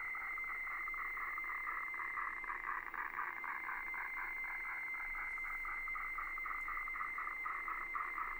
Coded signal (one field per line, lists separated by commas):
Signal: weather fax (radiofax)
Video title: Decoding HF wefax with an Atari 8-bit computer